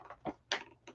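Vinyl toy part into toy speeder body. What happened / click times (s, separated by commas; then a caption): Handled, not yet home: the vinyl part is being worked into place / none. A flexible vinyl part is fitted to a Star Wars Black Series Snowspeeder toy body: its nose goes in first, lined up on a small square peg, and the part is pulled back so it slides down, with the vinyl's flex meant to let it pop in. Short rubbing and scraping handling sounds build to a sharp sound at about 0.5 s and a softer one near 0.9 s. The part has not popped into place yet; nothing has seated or clicked.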